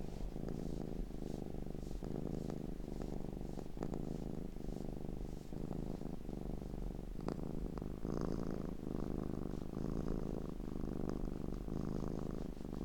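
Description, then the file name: Domestic cat purring, a steady low rumbling throb that pulses continuously. Domestic cat purring while being petted. "Digiffects Sound Effects Library - Cat Purring and Being Petted"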